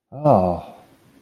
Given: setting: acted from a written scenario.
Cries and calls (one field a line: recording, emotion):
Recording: vocal sound without words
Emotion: sympathy